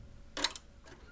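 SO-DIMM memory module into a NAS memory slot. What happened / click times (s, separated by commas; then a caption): The memory module snapped into its slot and the latches caught / 0.4 s. A Crucial 16GB SO-DIMM memory module is pressed into the memory slot of a Synology NAS. Two sharp plastic clicks come close together at about 0.4 s and 0.4 s, followed by a fainter rustle near 0.9 s. Both the top and bottom retaining clips latch, and the module is seated.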